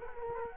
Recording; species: mosquito wingbeat signal from an infrared sensor; Culex quinquefasciatus